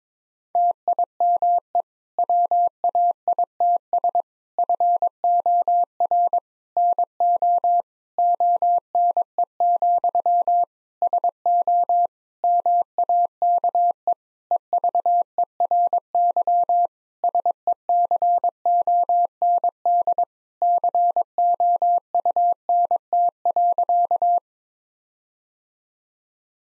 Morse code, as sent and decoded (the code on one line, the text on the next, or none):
- .. -- . / .-- .- .. - ... / ..-. --- .-. / -. --- / --- -. . --..-- / ... --- / -- .- -.- . / . ...- . .-. -.-- / ... . -.-. --- -. -.. / -.-. --- ..- -. - .-.-.-
TIME WAITS FOR NO ONE, SO MAKE EVERY SECOND COUNT.